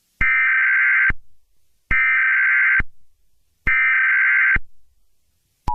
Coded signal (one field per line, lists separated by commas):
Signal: Emergency Alert System (SAME) tones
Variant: header bursts